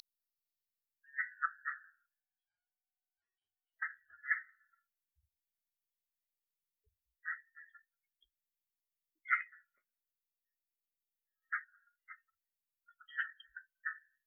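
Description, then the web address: Red-eyed tree frog calls: short, clucking chucks given singly or in quick clusters of two or three, separated by pauses of a few seconds, against a quiet background. "Agalychnis callidryas"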